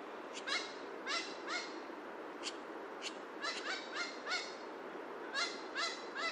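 Horned parakeet giving harsh, nasal squawks in scattered clusters against steady rushing background noise.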